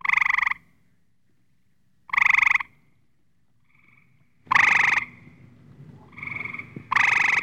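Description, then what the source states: Gray treefrog giving loud, short pulsed trills about every two seconds, with softer trills from other frogs answering between them. Several frogs calling, with others returning the call.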